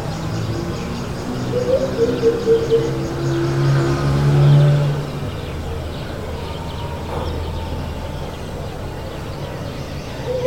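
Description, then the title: Senegal Coucal hoots, a brief series of soft, hollow notes early on, over a loud low rumble. Song in a neighbourhood soundscape, Nkolmbong-Nord, Émana, Yaoundé, Cameroon; 24 November 2025, 9:29 a.m.; recorded with a TASCAM DR-05, edited in Audacity. "Topographie sonore du quartier : spécial Coucal"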